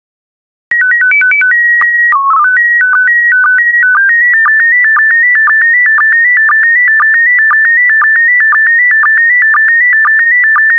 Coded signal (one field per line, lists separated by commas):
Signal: SSTV (slow-scan television)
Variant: PD 120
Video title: 3096 World War II Planes SSTV PD120